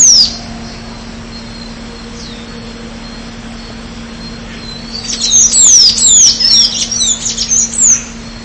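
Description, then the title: Bird song: one high whistled note at the start, then from about five seconds a fast burst of swooping, sliding high whistles, over a steady low hum. "LuckyPassaro Completos2Sama"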